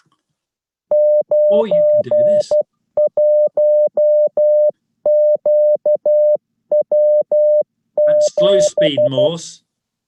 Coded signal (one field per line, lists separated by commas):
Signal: Morse code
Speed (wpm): 12 wpm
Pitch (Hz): 600 Hz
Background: speech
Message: 91QW7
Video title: Getting Started on CW